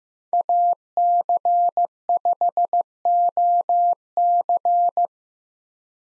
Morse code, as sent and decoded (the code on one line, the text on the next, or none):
.- -.-. ..... --- -.-.
AC5OC